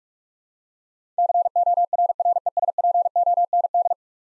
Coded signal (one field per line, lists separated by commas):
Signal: Morse code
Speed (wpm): 47 wpm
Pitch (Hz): 700 Hz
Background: none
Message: CORRESPOND